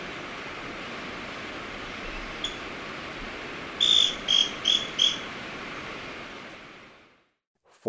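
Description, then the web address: Scale-crested pygmy-tyrant song: a quick run of four short, sharp buzzy notes, evenly spaced, over steady insect hiss. Recorded in Ecuador. "Natures Songs S America Birds of Ecuador Scale-crested Pygmy-Tyrant"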